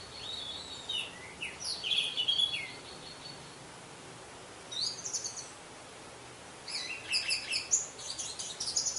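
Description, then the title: Orange-headed thrush song, varied high whistled and twittering phrases in three bursts with short silences between them. "Anis Merah"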